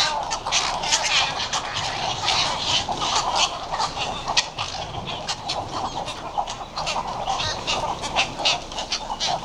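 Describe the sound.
Western cattle egret chorus, dense guttural croaks and harsh chattering from numerous birds, continuous and busy throughout with frequent short grating accents.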